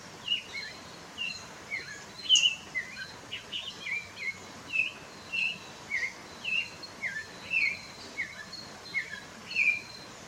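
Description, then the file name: Red-crowned ant-tanager singing a steady series of short, slurred, falling whistled notes. "Canto do tie de bando"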